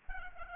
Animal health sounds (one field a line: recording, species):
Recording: mosquito wingbeat signal from an infrared sensor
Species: Aedes aegypti